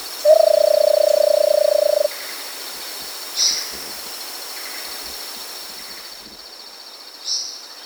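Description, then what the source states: Versicolored barbet giving a low, rapidly pulsed trill of about two seconds over a steady high buzzing background, followed by two short high chirps. South America.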